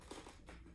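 A Scorpion Exo 510air motorcycle helmet visor is handled against its side pivot mount, with its fittings lined up so it can click back in, reversing the removal. Two short light knocks are heard, near 0.1 and 0.5 seconds, over quiet handling noise. Nothing has seated or clicked yet.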